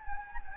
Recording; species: mosquito wingbeat signal from an infrared sensor; Anopheles gambiae